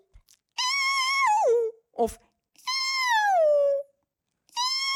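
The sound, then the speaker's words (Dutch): A person imitates orca calls with three high, wavering squeals, each sliding downward in pitch at the end, separated by short pauses and a brief breathy sound; two different sounds, the first a call orcas use when hunting while swimming at great distances from one another. “En wat heeft u nu in orka-taal gezegd? Die twee verschillende klanken die ik hoor?”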